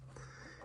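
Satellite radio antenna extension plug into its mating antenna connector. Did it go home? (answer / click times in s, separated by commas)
no / none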